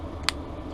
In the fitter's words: now that I can grab on both sides I started the outside corner following the groove when you hear the snap